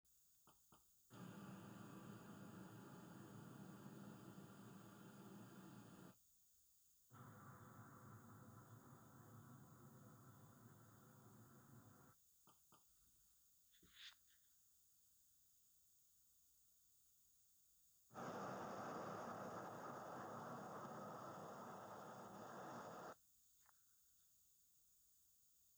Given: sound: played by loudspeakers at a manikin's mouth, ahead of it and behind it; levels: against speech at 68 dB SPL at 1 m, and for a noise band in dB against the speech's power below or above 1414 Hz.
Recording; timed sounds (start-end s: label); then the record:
test signals for a remote microphone
0.50 s: click
0.75 s: click
1.12-6.12 s: speech-spectrum noise from ahead
7.12-12.12 s: speech-spectrum noise from behind
12.50 s: click
12.75 s: click
18.12-23.12 s: speech-spectrum noise from the mouth, turned 45 degrees left
From the record:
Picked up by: remote receiver E, fed by microphone B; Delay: 43 ms